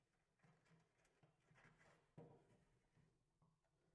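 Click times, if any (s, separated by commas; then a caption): none. A cable plug is worked toward the power header at the top of a motherboard, a spot made awkward to reach by the fitted CPU cooler. Soft rustling and scraping handling noises fill the clip, with a louder bump near 2.2 s. Nothing has seated or clicked yet.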